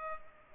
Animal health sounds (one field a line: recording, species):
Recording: mosquito wingbeat signal from an infrared sensor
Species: Culex pipiens